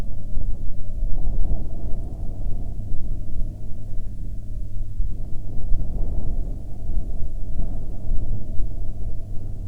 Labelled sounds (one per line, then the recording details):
wind
aircraft
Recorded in the Prudhoe Bay oil fields, Alaska, on 21 June 2019 at 11:08
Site 13